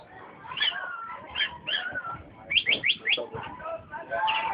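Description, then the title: Oriental magpie-robin singing in chirpy notes, including a fast run of four sharp rising notes midway, over a steady low background hum. "Kicau Kacer"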